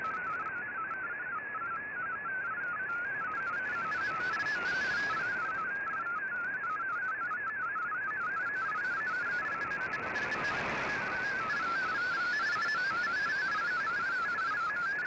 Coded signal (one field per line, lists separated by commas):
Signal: multi-tone FSK (Olivia or MFSK type)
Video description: Here is my decode of the Shortwave Radiogram broadcast today on 15770Khz shortwave radio at 1330UTC in MFSK32 and 64 with 9 SSTV images.